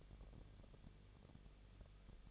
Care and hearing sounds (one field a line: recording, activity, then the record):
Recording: daily activity, microphone in the room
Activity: no activity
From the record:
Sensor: 4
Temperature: 23.1 degrees Celsius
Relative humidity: 34.1%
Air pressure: 1007.2 hPa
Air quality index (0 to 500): 215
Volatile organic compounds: 15 ppm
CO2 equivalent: 2487 ppm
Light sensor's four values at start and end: 2/3/1/1 and 2/3/1/1